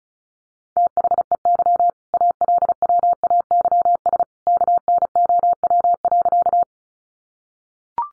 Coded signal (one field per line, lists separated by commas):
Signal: Morse code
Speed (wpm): 34 wpm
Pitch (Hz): 700 Hz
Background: none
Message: THEY ALWAYS KNOW.